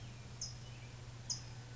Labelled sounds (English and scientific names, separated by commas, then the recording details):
California Towhee (Melozone crissalis)
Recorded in Sonoma County, California